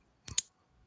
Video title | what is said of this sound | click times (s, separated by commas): VINTAGE JEWELRY SALE WITH SOUL NATE | you can really hear that secure click. | 0.3 s, 0.4 s